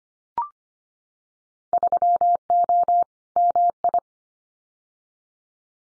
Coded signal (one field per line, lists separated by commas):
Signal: Morse code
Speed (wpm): 25 wpm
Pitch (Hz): 700 Hz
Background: none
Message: 3O MI